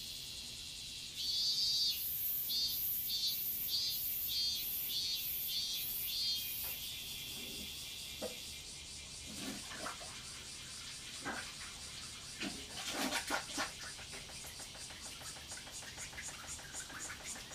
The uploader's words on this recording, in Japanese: 洗濯機が止まるまで庭を録ってみた。中盤あたりから騒がしくなります(セミのせい)。